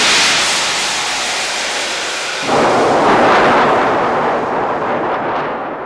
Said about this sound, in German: Blitz fuhr hernieder und schlug eine knappe Handbreit vor Kasperls Fußspitzen in den Erdboden. Kasperl bekam einen Riesenschrecken.